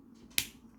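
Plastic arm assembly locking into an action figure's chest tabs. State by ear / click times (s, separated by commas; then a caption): seated / 0.4 s. The plastic arms of a Transformers Legacy G2 Laser Optimus Prime (Leader Class) figure are rotated through so their slots engage tabs inside the chest. After a faint rustle, a single sharp snap rings out at 0.4 s as the arms lock securely into place.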